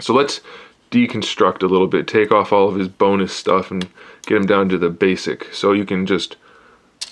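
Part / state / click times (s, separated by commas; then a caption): plastic accessory piece on an action figure's back / seated / 7.0 s. Someone talks while the bonus pieces are slid down on a Robot Damashii (Robot Spirits) Gundam Double X action figure, with a plastic accessory piece on the figure's back being moved into position. A short, sharp plastic snap is heard at 7.0 s as the piece seats into place.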